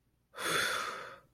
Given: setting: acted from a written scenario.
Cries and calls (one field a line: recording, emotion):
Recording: vocal sound without words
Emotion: relief